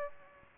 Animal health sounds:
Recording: mosquito wingbeat signal from an infrared sensor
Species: Aedes aegypti

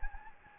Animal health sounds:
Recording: mosquito wingbeat signal from an infrared sensor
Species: Anopheles gambiae

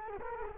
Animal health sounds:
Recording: mosquito wingbeat signal from an infrared sensor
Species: Culex quinquefasciatus

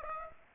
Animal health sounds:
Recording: mosquito wingbeat signal from an infrared sensor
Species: Aedes aegypti

